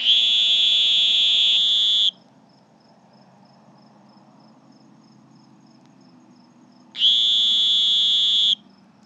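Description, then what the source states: Sonoran green toad calling with a piercing, steady buzz; two long trills about five seconds apart, with quiet background between them. Two toads calling (duo).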